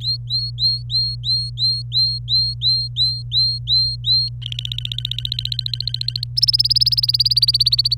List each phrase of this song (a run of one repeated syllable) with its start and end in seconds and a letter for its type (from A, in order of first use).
0.00-4.29 A, 4.42-6.25 B, 6.37-7.95 C